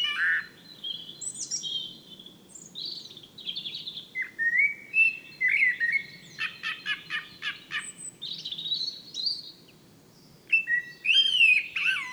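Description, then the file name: Common blackbird delivering varied warbling phrases, including a run of rapid clicking notes near the middle, separated by short gaps, over a faint low rumble. "Turdus merula"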